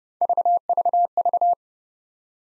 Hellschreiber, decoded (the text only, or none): none